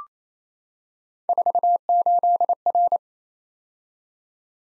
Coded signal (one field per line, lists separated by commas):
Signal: Morse code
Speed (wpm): 27 wpm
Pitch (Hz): 700 Hz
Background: none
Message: 48R